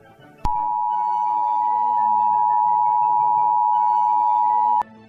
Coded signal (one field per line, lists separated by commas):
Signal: Emergency Alert System (SAME) tones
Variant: 853 and 960 Hz attention tone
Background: music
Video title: eas scenario 19: new monthly of 2025